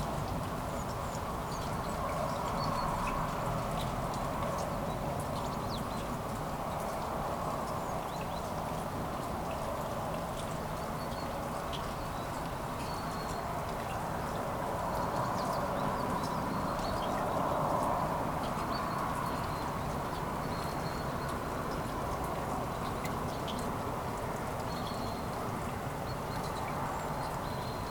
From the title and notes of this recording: Light morning rain in the city of Kuldiga, Latvia. Raindrops falling on the city streets.